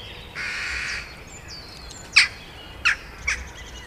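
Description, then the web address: Eurasian jackdaw gives a brief harsh burst of sound at the start, then three short, sharp notes near the end. "agykontroll Madardalok Cd 2. Csóka"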